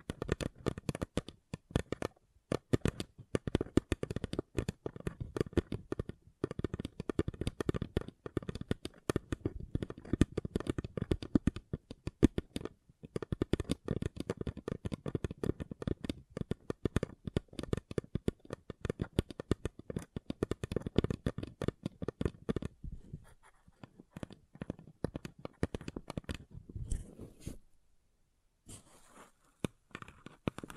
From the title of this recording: Paper Cup Tingles